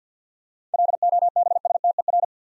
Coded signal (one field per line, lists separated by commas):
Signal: Morse code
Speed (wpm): 48 wpm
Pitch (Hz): 700 Hz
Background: none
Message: LOBSTER